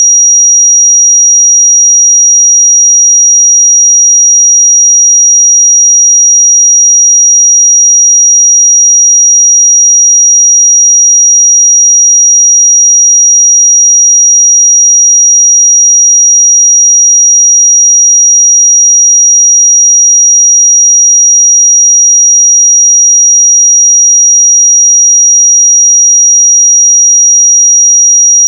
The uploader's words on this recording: 5738 Hz 1 Hz Interval Sine Pure Tone. 441000 Sample Mono.